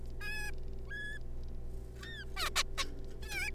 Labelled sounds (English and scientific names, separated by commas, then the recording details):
Zebra Finch (Taeniopygia guttata)
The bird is a juvenile
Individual R3549